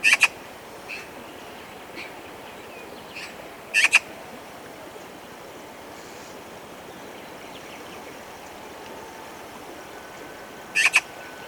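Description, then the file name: Eurasian magpie calls, short harsh paired notes in three widely spaced bursts, with faint thin calls from other birds between them. "Pica pica"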